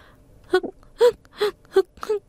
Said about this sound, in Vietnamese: … bật khóc tơi tả. Làm cái gì thế? Sao tự nhiên lại khóc?